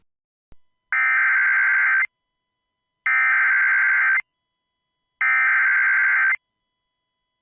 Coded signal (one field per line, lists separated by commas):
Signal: Emergency Alert System (SAME) tones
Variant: header bursts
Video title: Alabama Please! | EAS Alerts from January 3rd, 2023 (EAS #2149-2168)